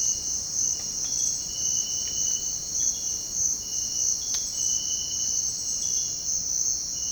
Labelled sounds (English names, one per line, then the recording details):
none
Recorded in dense forest near Puerto Asís, Putumayo, Colombia, on 18 February 2024 at 07:30
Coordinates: 0.485, -76.325
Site G6429